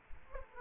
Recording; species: mosquito wingbeat signal from an infrared sensor; Aedes aegypti